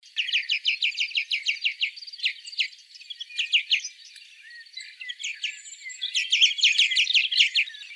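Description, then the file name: European greenfinch twittering in fast runs of sharp, high chirps. The runs pause briefly around the third and fifth seconds, then resume louder and denser. "Chloris chloris"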